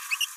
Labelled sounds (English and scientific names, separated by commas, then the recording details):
Green-rumped Parrotlet (Forpus passerinus) babbling
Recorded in a nest box in Venezuela
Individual 18B17A4